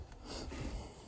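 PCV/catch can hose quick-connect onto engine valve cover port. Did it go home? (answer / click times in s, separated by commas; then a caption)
no / none. A UPR catch can's quick-connect hose fitting is handled over the valve cover port of a 2021–2023 F150 with the 5.0, to be pushed straight down rather than sideways so the port doesn't break off. Soft rustling handling noise with a brief faint tick at 0.1 s runs over a low rumble. Nothing has seated or clicked yet.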